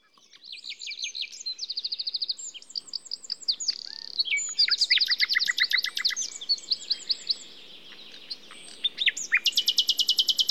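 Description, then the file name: Common nightingale singing a varied, high song of rapid repeated notes, buzzy trills and sharp chirps, phrases changing every second or two over a faint low hiss. "Luscinia megarhynchos"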